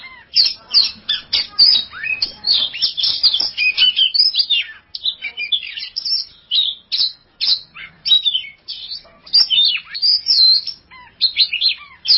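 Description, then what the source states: Oriental magpie-robin singing a long, varied stream of scratchy chatters, sharp squawks and slurred whistles in quick bursts, with brief gaps between phrases. Champion bird (kacer juara).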